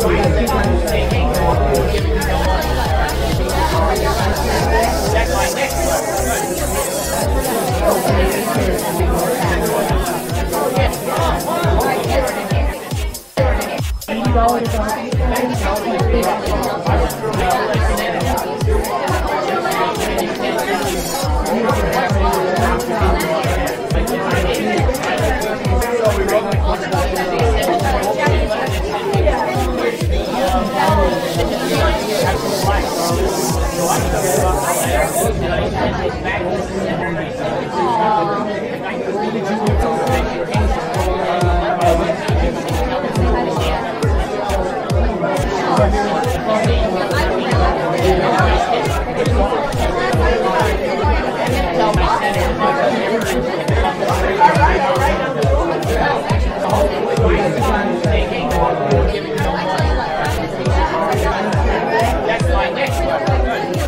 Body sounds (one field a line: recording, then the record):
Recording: background sound without coughing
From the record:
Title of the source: Nightlife Party Simulating Party Club Noise 1 Hour